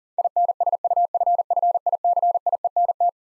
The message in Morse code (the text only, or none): INSUFFICIENT